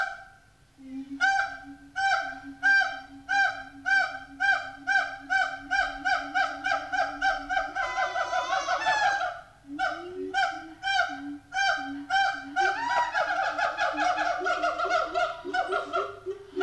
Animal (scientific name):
Symphalangus syndactylus